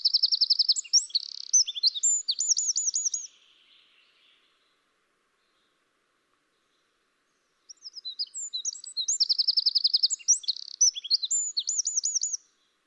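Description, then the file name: Eurasian wren singing two energetic phrases of sharp, high notes and rattling trills, with a quiet pause between them; no other sounds. "Troglodytes troglodytes"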